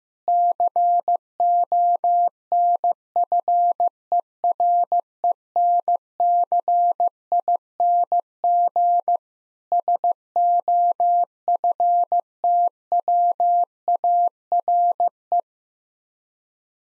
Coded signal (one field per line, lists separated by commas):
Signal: Morse code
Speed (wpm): 15 wpm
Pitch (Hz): 700 Hz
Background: none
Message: CONFERENCING SOFTWARE